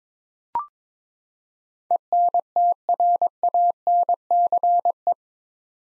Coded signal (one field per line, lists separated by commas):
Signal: Morse code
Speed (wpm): 21 wpm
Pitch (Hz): 700 Hz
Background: none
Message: ENTRANCE